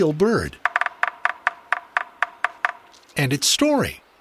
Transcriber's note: Drumming of Yellow-bellied Sapsucker